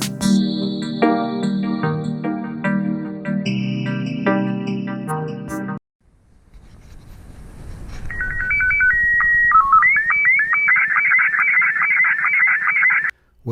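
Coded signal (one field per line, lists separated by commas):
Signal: SSTV (slow-scan television)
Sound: steady high tone, brief low blips, then a warbling, rising and stepping tone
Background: music beforehand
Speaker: that noise you heard that's a slow scan television fit signal being encoded and sent over FM on the ham frequency of 146.67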